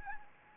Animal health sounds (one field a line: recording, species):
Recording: mosquito wingbeat signal from an infrared sensor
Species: Anopheles gambiae